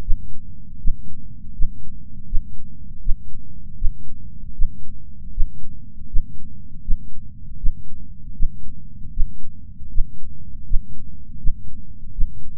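An adult's heartbeat: low-pitched thumps repeating at about 80 beats per minute.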